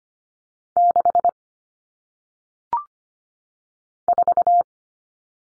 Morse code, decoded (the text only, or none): 6 4